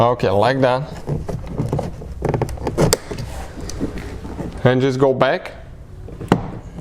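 A rear interior door handle on a Ford Edge or Lincoln MKX is slid back into its spot in the plastic door trim panel while someone talks. Several small knocks and taps come from the handle and trim. A single sharp click at 6.3 s shows the handle seated in the trim.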